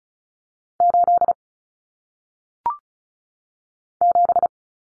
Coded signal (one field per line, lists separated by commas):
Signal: Morse code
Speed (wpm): 36 wpm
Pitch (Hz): 700 Hz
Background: none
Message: 8 7